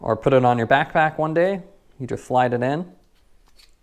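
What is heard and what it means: Someone talks while handling a plastic Topeak Redlite Aero USB 1W bike tail light, about to slide its body down into the slot of its interchangeable seatpost mount bracket. After the talking, faint soft handling sounds come at about 3.5 and 3.6 seconds. The clip ends before the light goes home, so nothing has seated or clicked yet.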